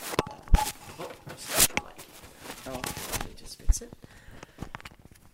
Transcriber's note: disturbance to the microphone